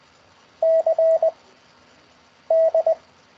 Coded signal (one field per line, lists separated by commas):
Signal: Morse code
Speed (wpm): 20 wpm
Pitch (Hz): 650 Hz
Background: none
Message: C D